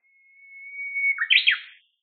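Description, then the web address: Japanese bush warbler song: one long, steady whistled note that swells gradually, then ends in a quick, rich flourish of tumbling notes. "ウグイス-鳴き声"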